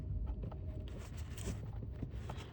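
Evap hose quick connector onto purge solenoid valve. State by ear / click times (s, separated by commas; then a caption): not seated / none. A plastic evap quick-connect line is pushed by hand onto the new purge solenoid valve of a 2018 Chevy Traverse 3.6 during an evap purge replacement. Only steady low rumble and a couple of faint, brief ticks are heard, and no click has sounded yet. The connector goes on without a click but is felt to seat and holds when pulled.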